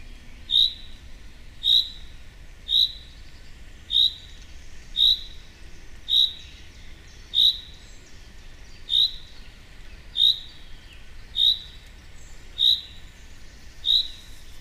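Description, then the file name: Common chaffinch call, a sharp bright note repeated steadily, twelve calls in a regular series over faint hiss. "Fringilla coelebs"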